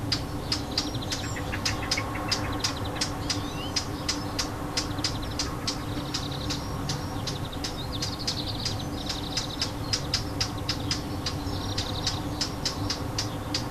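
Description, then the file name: Warbler scolding with steady rapid dry tacks continuing throughout over a persistent low hum. Alarm call; recorded 25 June 2014 with an MZ-N710 recorder. "Fauvette cri d alarme 25 06 14"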